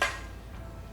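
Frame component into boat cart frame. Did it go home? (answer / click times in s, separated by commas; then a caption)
yes / 0.0 s. A frame component of a Railblaza C-Tug boat cart is pushed onto the cart's frame. It snaps into place with a sharp click at 0.0 s, followed by quiet, and there is another short sound near the end. The part is seated.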